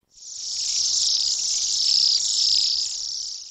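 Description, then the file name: Waxwings calling: high, thin, sibilant trills from several birds blend into a continuous shimmering chorus. Dated 5 January 2001. "2001-01-05 Waxwings"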